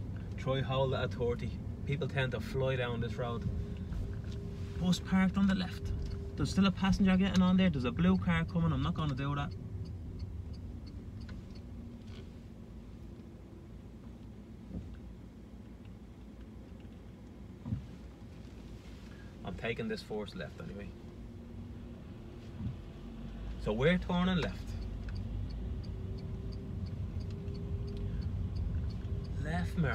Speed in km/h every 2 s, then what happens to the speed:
28, 19, 19, 17, 15, 7, 1, 0, 0, 0, 2, 2, 7, 16, 20.
0-11 slows to 1. 11-22 standing. 22-27 pulls away to 20.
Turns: none.